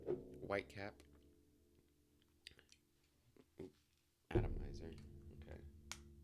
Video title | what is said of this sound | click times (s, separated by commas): Aerin Mediterranean Honeysuckle Figue - Unboxing and Quick Review | clicks into place, | 5.9 s